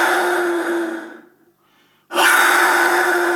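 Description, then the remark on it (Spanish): An Aztec wind instrument imitating a jaguar gives two long, rough, breathy roars with a steady low hum underneath. The roars are split by a brief near-silent pause, with no talking. “Tenemos también instrumentos que imitan el sonido de animales, como este del jaguar, perteneciente a los aztecas.”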